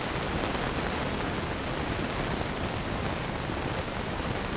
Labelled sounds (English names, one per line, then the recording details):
none
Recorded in dense forest near Puerto Asís, Putumayo, Colombia, on 30 June 2025 at 23:00
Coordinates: 0.503, -76.323
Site G059